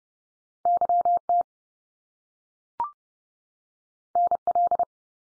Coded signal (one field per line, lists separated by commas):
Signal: Morse code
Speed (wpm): 30 wpm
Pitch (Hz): 700 Hz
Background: none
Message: YT NL